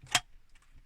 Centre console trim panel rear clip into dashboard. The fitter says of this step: central binnacle out of the way not only allows you to push this in firmly, you can hear it clicking at the back. There you go, that's that rear piece just clipping into place.